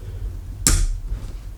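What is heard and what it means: A motor is gently twisted in the hole of a 3D-printed housing for a remote-controlled tank's right side drive unit until one of its mounting screw heads drops into the printed keyhole slot. A single sharp pop is heard at 0.7 s over a low background hum, and the screw is seated properly in the hole.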